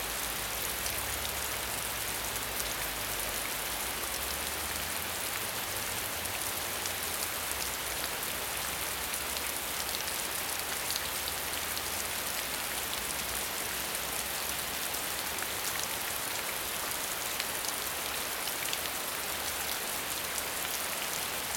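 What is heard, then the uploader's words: Rain falls steadily and densely, a constant bright hiss filled with countless fine droplet ticks that never let up. Underneath runs a faint low rumble, slightly stronger in the first half, like traffic or wind. The sounds of rain.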